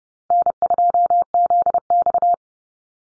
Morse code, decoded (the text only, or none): N2ZX